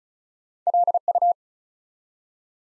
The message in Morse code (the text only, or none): LU